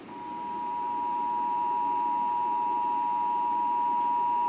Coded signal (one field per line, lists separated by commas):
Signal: Emergency Alert System (SAME) tones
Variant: 853 and 960 Hz attention tone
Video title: WITI Required Monthly Test - 04/02/15 (EAS #852)